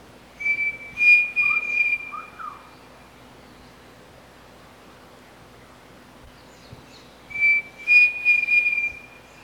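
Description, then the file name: Pavonine cuckoo song, a brief whistled phrase of several even high notes, then a quiet gap of about four seconds before a similar phrase repeats. "canto do peixe frito pavonino"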